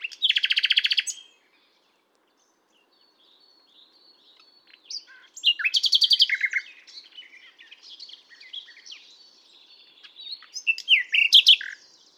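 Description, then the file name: Common nightingale song: a dense rapid rattle opening, quiet pause, faint soft notes, then another fast trill and varied sharp phrases toward the end. "Luscinia megarhynchos"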